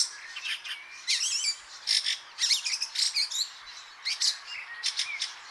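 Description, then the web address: Fieldfare giving squeaky, wheezy chatter mixed with short rising and falling whistled slurs, in dense, uneven bursts. "chant xeno-canto grive litorne"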